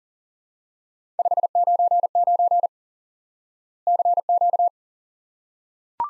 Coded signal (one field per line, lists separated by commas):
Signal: Morse code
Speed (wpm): 43 wpm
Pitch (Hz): 700 Hz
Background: none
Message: 599 CQ